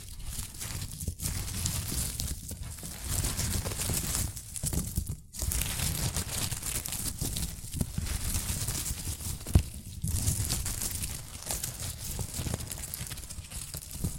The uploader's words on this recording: ASMR Rustling and Crinkle Sounds.